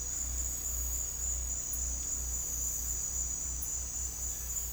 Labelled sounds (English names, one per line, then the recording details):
none
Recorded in dense forest near Puerto Asís, Putumayo, Colombia, on 8 March 2025 at 17:30
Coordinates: 0.503, -76.323
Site GP09